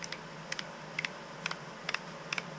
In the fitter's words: If you hear it clicking,